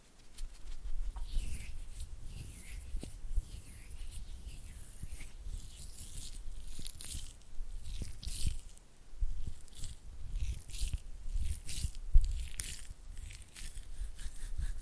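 Oily hand and flutter finger sounds: wet, slick rubbing and quick finger taps that come in uneven bursts throughout. Soft low thumps sit under bright, crackly squelches, with a sharper louder tap near the twelve-second mark and short quieter gaps between flurries.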